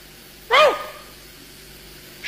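A person imitates a dog barking to count a coin tossed on the ground, with one loud, sharp bark that rises and falls in pitch, followed by a quiet pause and the start of a second bark at the end.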